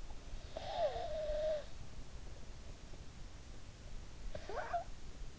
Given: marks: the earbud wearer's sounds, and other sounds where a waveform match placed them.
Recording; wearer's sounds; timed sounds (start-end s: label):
sounds in sleep by an in-ear microphone; snoring breath
0.26-2.51 s: snoring breath
4.12-5.19 s: snoring breath